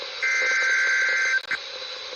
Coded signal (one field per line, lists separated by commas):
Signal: Emergency Alert System (SAME) tones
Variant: header bursts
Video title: KIH35 GETS BACKLOGGED... (EAS ALERTS 3506-3575 FROM 06/22/22)